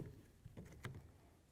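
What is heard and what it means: On a 2002-2006 Honda CR-V door latch, during a door lock actuator replacement, the plastic rod clip is swung over the slid-in lock rod to lock it in place. After a few faint knocks, a short, sharp snap sounds at 0.9 s as the clip closes, and the rod is seated and locked.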